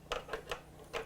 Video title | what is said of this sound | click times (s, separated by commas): Get To Know Your Backyard Birds With Birdfy Birdfeeder! - Bird Feeder with a Camera | pulling it forward and clicking it down and with a top pop open we're just going to fill it with my | 0.1 s